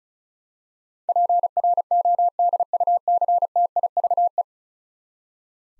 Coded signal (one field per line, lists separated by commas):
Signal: Morse code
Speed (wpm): 36 wpm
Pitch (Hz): 700 Hz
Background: none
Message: PRODUCTIVE